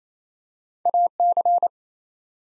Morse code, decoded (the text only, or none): AC